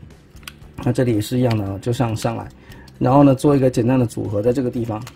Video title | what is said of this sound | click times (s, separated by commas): 變形金剛分享時間 1860集 工作室系列 SS86 飛鏢 Transformers Studio Series 86 Leader Class DINOBOT SWOOP | 啊，上面有一个组合的一个卡扣，把记得把它给扣上去。这里，那 | 0.5 s